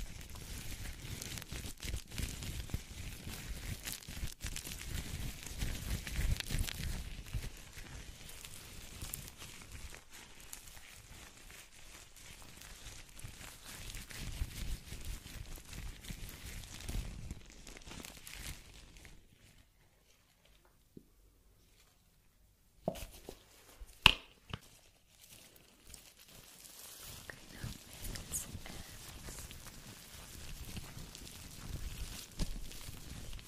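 A scalp massage with dense, irregular rustling and scratching of fingers through hair, mostly soft with a low rumbling undertone. The rubbing fades to near silence around twenty seconds, a few sharp taps and clicks follow, then the steady scratching resumes.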